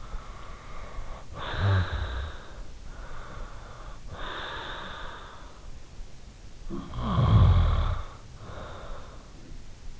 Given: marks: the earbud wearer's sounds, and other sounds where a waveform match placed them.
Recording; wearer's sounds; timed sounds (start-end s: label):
sounds in sleep by an in-ear microphone; breath, snoring breath
0.00-2.51 s: breath
2.83-5.74 s: breath
6.53-9.39 s: snoring breath